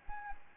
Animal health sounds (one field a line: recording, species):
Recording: mosquito wingbeat signal from an infrared sensor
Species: Anopheles gambiae